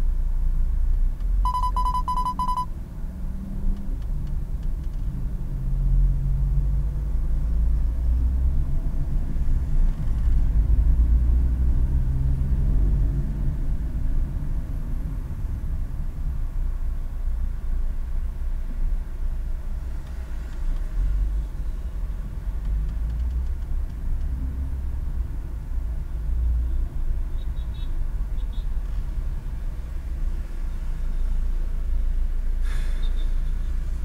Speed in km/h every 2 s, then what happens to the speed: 11, 11, 13, 19, 24, 23, 22, 14, 5, 5, 6, 11, 9, 8, 4, 0, 0.
3-7 speeds up to 24. 10-16 slows to 5. 16-23 speeds up to 11. 23-29 slows to 0. 29-34 standing.